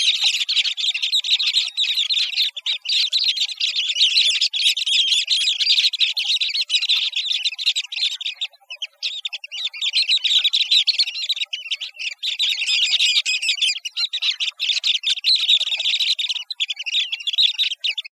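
Western sandpiper giving a continuous wash of high, scratchy peeps and trills that barely breaks, briefly thinning near the middle.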